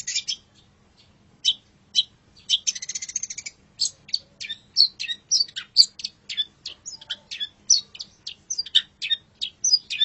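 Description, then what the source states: Long-tailed shrike song: a harsh rasping burst early on, then a long fast string of varied chirps and whistled slurs. Masteran (tutor) song recording of the long-tailed shrike, known locally as cendet.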